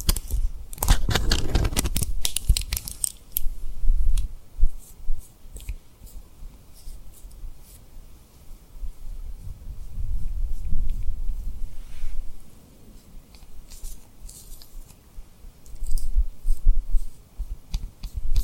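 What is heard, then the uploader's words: Tapping and rubbing on a rhinestone surface, with crisp clicks and scratchy brushing. A dense burst of quick taps fills the opening seconds, then softer, uneven rubbing swells and fades, with scattered bright ticks returning near the end. A faint steady hiss sits underneath. Tapping & Rubbing Rhinestone Lip Triggers.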